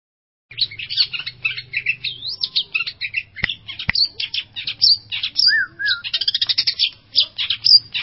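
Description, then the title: Long-tailed shrike song: a dense, varied stream of quick chirps, harsh chatters and short whistled notes, delivered almost without pause. "Cendet Pentet"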